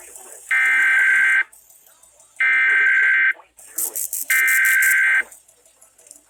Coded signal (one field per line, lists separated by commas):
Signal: Emergency Alert System (SAME) tones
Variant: header bursts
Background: speech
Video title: FINALLY GOT AN OFF DAY! NOAA Weather Radio EAS: Required Weekly Test (EAS #1,254 - 1,256)